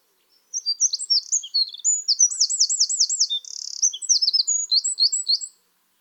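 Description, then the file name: Eurasian wren song, one energetic high burst of piercing twitters, a warbled trill and a brief buzzy rattle, about five seconds long against silence. "Troglodytes troglodytes"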